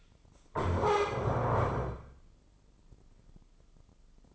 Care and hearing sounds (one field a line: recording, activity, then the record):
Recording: daily activity, microphone in the room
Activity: stand up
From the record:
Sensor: 5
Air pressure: 996.1 hPa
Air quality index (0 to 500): 245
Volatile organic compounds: 471 ppm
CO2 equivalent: 4780 ppm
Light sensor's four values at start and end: 162/388/164/179 and 162/387/164/179